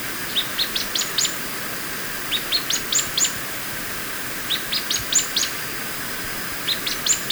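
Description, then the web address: Streaked xenops song: short bursts of several thin, very high notes rising step by step, repeated roughly every two seconds against a hissy background. Ecuador. "Birds of Ecuador. Streaked Xenops"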